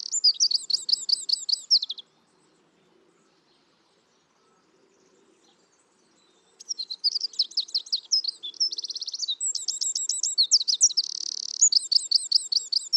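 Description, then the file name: Eurasian wren singing two bursts of shrill, rapid trills and warbles, separated by a few seconds of quiet; the second burst is longer, with buzzy rattles. "Troglodytes troglodytes"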